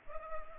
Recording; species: mosquito wingbeat signal from an infrared sensor; Culex pipiens